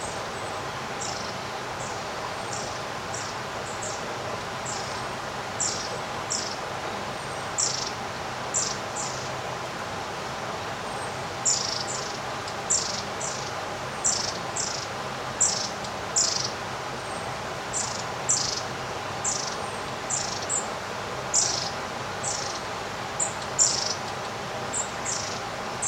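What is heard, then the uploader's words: Birds sing in short, high chirps repeated every second or so throughout, over a steady hiss and a faint insect-like drone underneath. Experience the magic of an almost windless summer day. Birds sing their sweet melodies.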